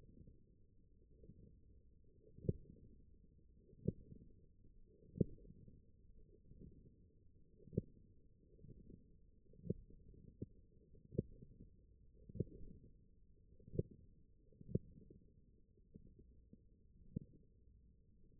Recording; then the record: forearm muscle sounds (acoustic myography)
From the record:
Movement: wrist flexion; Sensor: system 1, eight BSWA MPA416 microphones around the upper forearm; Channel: 5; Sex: male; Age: 21 years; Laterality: right